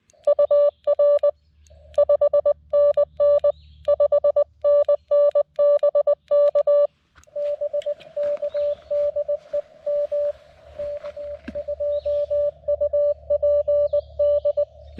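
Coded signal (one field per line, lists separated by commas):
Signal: Morse code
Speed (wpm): 20 wpm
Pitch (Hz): 580 Hz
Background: music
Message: UR 5NN 5NN BK BK DE M K2UPD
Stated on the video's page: CW park activation on a TX-500 with a vertical antenna in sketchy weather.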